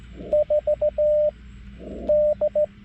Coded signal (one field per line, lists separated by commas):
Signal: Morse code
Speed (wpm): 15 wpm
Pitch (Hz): 600 Hz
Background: radio noise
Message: 4 D